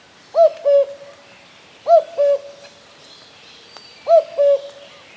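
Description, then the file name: Common cuckoo calling its two-note falling cu-coo three times, roughly every two seconds, with faint background rustle. "Kukułka"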